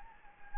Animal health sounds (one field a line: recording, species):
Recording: mosquito wingbeat signal from an infrared sensor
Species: Anopheles gambiae